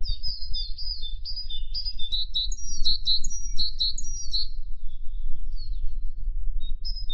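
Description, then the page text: Great tit singing rapid two-note phrases, high then lower, in a quick repeated series, with a steady low background rumble. "Звуки птиц - Большая синица"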